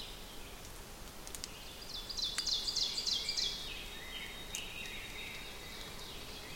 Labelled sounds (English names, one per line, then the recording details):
Ovenbird song
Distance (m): 60 m
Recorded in boreal forest in Alberta, Canada, on 6 June 2016 at 08:43
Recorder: SongMeter 3, array SBT-3-51
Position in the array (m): 216 m, 15 m
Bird 27